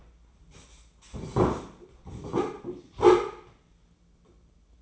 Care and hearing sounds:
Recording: daily activity, microphone in the room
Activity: sit down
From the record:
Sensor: 1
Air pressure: 996.0 hPa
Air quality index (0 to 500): 237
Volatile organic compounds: 1000 ppm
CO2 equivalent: 6906 ppm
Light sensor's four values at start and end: 34/83/36/43 and 35/87/37/45

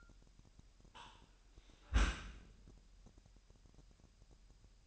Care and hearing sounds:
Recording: daily activity, microphone in the room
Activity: close dishwasher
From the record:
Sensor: 2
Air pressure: 998.2 hPa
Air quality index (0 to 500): 148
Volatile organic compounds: 4 ppm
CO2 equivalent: 1674 ppm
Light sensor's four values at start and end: 10/30/12/11 and 10/30/12/11

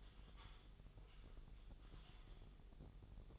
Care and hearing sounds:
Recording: daily activity, microphone in the room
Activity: typing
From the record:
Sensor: 4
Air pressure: 989.6 hPa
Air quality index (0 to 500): 226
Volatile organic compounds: 87 ppm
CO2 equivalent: 3660 ppm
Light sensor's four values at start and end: 26/91/33/35 and 26/91/33/35

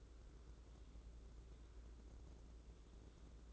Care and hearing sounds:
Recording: daily activity, microphone in the room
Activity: take from stove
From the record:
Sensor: 3

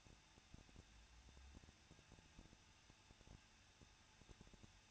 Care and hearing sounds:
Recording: daily activity, microphone in the room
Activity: no activity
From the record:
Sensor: 2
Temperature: 21.0 degrees Celsius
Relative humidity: 37.6%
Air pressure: 1006.2 hPa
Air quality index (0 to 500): 224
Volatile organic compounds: 25 ppm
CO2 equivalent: 2847 ppm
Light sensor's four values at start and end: 2/3/2/2 and 2/3/2/2

